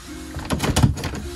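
A blackout blind on a RollerTeam Zefiro 690 window is pulled up toward the fly net bar to be clipped on, with a low hum and a run of sliding, rattling handling noises that peak around 0.4, 0.5 and 0.8 s. Nothing has clicked or seated yet.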